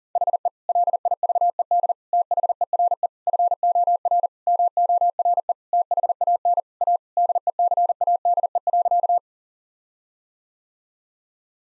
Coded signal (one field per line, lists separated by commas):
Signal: Morse code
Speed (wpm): 40 wpm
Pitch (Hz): 700 Hz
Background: none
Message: HE LIVED THERE FOR MORE THAN A DECADE.